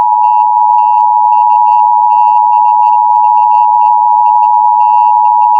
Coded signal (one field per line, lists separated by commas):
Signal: Emergency Alert System (SAME) tones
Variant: 853 and 960 Hz attention tone